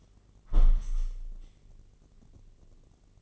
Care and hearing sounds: daily activity, microphone in the room; close window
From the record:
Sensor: 4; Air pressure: 1013.0 hPa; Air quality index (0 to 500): 166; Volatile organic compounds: 2 ppm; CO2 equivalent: 1051 ppm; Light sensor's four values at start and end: 68/168/70/74 and 73/181/76/78

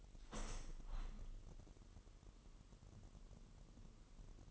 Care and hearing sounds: daily activity, microphone in the room; open window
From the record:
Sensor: 4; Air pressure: 998.7 hPa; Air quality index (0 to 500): 115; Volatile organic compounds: 2 ppm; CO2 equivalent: 1130 ppm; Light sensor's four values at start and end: 10/23/9/10 and 10/23/9/10

